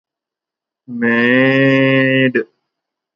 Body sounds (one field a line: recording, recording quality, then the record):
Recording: sustained vowel as in made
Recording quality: excellent, no background noise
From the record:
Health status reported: recovered from COVID-19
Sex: male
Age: 18 years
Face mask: not worn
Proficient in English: yes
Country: India